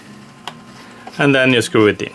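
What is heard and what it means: A screw going back into the plastic housing of a Luxor Video Entertainment system joystick controller is turned counterclockwise until a single sharp click at 0.5 s, showing it has dropped into the existing thread and seated. Someone then talks as it is screwed in.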